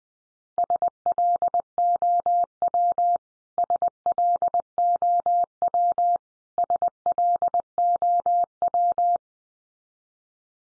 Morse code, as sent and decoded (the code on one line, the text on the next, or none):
... .-.. --- .-- / ... .-.. --- .-- / ... .-.. --- .--
SLOW SLOW SLOW